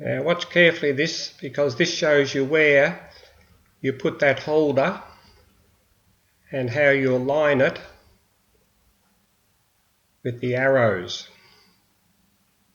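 A plastic CD/DVD holder is lined up with the arrows on an inkjet printer's disc tray before being pushed into position, with only quiet handling between bursts of someone talking. Nothing has clicked or seated yet.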